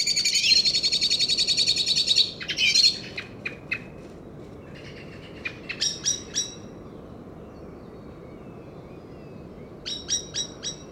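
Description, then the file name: Common blackbird giving sharp, clipped chink notes in short bursts of about four, after an opening stretch of high buzzy sound. "Turdus merula"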